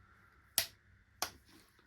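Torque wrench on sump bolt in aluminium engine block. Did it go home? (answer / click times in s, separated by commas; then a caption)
yes / 0.6 s, 1.2 s. A torque wrench set to 10 Nm tightens a 6 mm bolt threaded into the aluminium wet sump on a Zetec RWD engine block. Two sharp, bright clicks sound at 0.6 s and 1.2 s over a faint steady hum. Each click shows the wrench reaching its 10 Nm setting.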